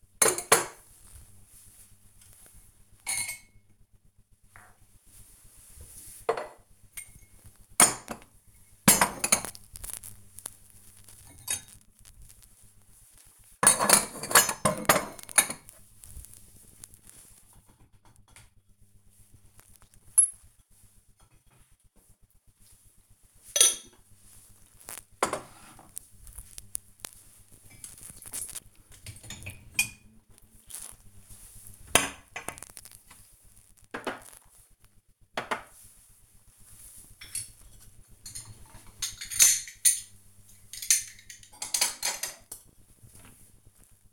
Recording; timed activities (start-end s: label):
household activities, microphone on the right wrist
0.00-44.13 s: cleaning out the dishwasher